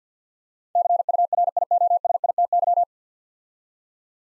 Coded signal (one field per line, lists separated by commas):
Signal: Morse code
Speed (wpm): 48 wpm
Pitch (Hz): 700 Hz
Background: none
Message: CURIOSITY